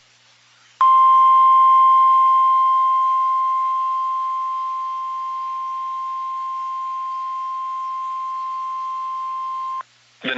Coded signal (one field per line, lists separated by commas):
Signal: Emergency Alert System (SAME) tones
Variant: 1050 Hz attention tone